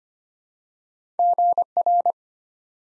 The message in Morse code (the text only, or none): GR